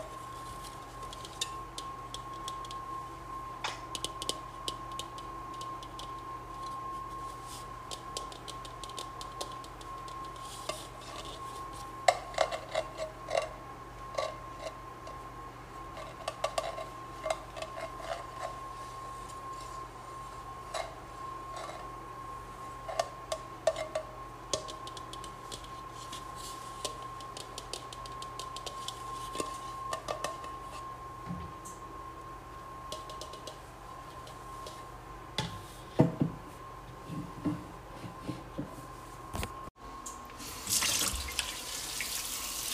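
A large bowl is washed and dried, with scattered clinks and rubbing over a steady mid-pitched tone and low hum, ending in a louder rush.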